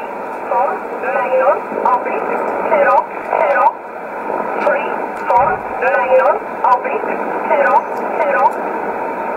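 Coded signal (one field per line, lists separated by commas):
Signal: numbers station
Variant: E11 Oblique, English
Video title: 20 05 2020 E11 Oblique Numbers station in English 0746 on 15720 unknown tx site in USB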